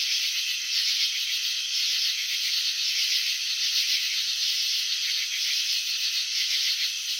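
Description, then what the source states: Cricket chirping, slowed into a steady rasping hiss that pulses gently and continuously, with no other sounds. Crickets chirping, wings vibrating, shown in slow motion.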